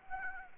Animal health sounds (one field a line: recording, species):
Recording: mosquito wingbeat signal from an infrared sensor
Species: Anopheles arabiensis